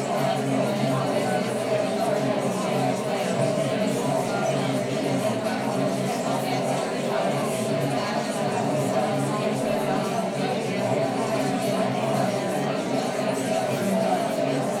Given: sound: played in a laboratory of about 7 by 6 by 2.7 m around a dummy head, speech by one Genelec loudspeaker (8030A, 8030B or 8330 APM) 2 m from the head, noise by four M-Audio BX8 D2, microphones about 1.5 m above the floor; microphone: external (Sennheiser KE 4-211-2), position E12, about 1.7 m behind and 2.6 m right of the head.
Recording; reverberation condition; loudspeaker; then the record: babble noise; medium; four, about 170 cm from the corners of the room and facing them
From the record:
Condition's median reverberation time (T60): about 510 ms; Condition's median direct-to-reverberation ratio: about -0.5 dB